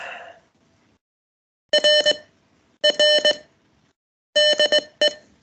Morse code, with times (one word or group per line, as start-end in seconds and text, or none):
1.7-2.1 R
2.8-3.3 R
4.4-5.1 DE